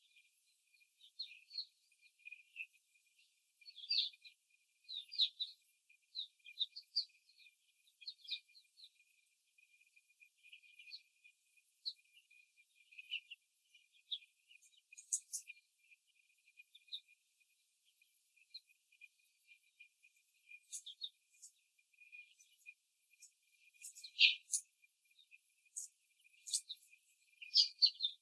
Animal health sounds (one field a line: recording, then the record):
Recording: young laying hens in a cage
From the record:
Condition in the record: before the stressor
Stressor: simulated dog barking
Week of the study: 3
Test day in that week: 2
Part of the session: 3